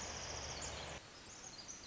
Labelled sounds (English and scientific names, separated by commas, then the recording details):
Pacific Wren (Troglodytes pacificus)
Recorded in Sonoma County, California